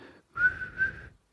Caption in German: Also der Tinnitus ist nicht jeden Tag immer so laut oder in dieser Tonlage, wie es halt ist. Er schwankt bei mir zum Beispiel ein bisschen. Manchmal ist er lauter, manchmal leiser. Also meiner hängt ein bisschen höher, manchmal ist er ein bisschen präsenter, dann ein bisschen leiser. Also er ist halt immer da.